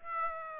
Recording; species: mosquito wingbeat signal from an infrared sensor; Aedes aegypti